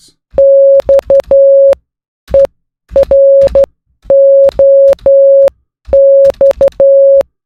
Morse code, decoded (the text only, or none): XEROX